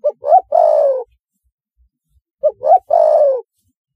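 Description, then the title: Spotted dove with two soft cooing phrases, each opening with short upward notes and ending in a sustained, gently descending coo. "Tekukur"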